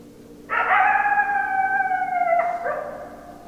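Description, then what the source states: A coyote holds a long, clear howl for about two seconds, then breaks into a brief, wavering ending. Recorded 10 December 2012.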